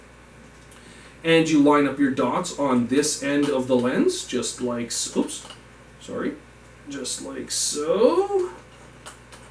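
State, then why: Not seated. A macro extension tube is lined up dot to dot with the bayonet mount of a camera lens while someone talks. Faint handling sounds come through under the speech. Nothing has seated or clicked yet.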